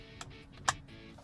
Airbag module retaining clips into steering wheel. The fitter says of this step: there we go you're going to hear some snaps ready